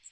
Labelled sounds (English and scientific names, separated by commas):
Magnolia Warbler (Setophaga magnolia) flight call